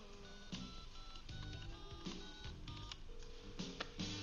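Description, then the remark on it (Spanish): A telephone being dialed to call Harley: a busy run of clicking and clattering with short electronic tones, then a steady ringing tone near the end before reaching an answering machine. No one speaks. “¿Y tu teléfono? Tengo que llamar a Harley.”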